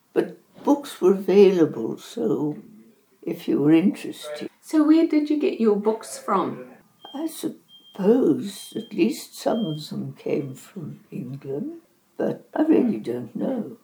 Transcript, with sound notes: But books were available, so if you were interested… [conversation in background, mostly deleted] So where did you get your books from? I suppose at least some of them came from England, but I really don’t know;